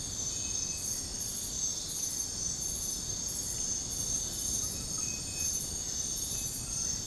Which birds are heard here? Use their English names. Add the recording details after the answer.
none. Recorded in secondary vegetation near Puerto Asís, Putumayo, Colombia, on 20 February 2024 at 04:30. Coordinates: 0.468, -76.324. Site G6381